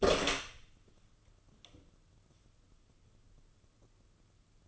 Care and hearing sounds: daily activity, microphone in the room; open door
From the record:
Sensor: 4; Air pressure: 995.2 hPa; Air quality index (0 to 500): 186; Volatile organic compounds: 103 ppm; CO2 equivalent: 3772 ppm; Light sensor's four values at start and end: 8/19/7/9 and 26/69/27/32

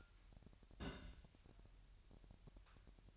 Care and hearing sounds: daily activity, microphone in the room; place on stove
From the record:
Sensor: 2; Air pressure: 1001.9 hPa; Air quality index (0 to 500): 243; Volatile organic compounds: 33 ppm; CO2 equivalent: 3013 ppm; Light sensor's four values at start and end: 5/11/4/4 and 5/11/4/4

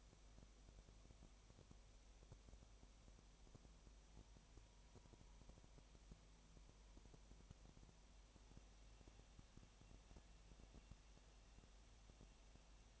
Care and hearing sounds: daily activity, microphone in the room; no activity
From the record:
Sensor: 1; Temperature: 19.7 degrees Celsius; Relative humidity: 37.1%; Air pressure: 1007.2 hPa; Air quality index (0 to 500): 145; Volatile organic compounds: 5 ppm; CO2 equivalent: 1764 ppm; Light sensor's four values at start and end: 1/2/1/1 and 1/2/1/1

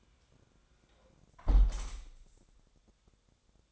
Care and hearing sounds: daily activity, microphone in the room; close window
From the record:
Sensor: 3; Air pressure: 1000.4 hPa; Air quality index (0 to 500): 159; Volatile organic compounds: 3 ppm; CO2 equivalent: 1381 ppm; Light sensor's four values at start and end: 13/35/14/16 and 13/34/13/15

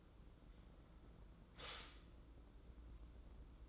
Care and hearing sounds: daily activity, microphone in the room; stop toaster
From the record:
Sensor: 3

